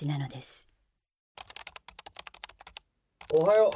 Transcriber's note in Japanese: パソコン打つ音